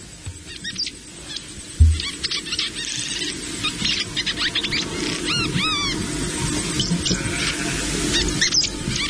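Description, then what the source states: Welcome Swallow twittering: rapid, squeaky high chirps throughout, over a steady low rumbling background. Several birds.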